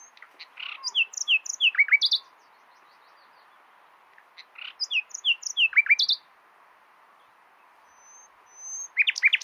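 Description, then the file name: Common nightingale song phrases of varied slurred whistles and chirps, each about two seconds long, separated by silent gaps. "Luscinia megarhynchos"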